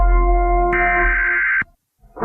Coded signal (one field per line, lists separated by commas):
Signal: Emergency Alert System (SAME) tones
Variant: header bursts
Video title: EAS scenario: Biohazard Fireworks (a 4th of July EAS scenario)